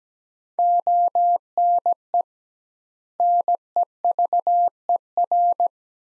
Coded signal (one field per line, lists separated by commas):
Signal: Morse code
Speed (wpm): 17 wpm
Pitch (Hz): 700 Hz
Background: none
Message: ONE NEVER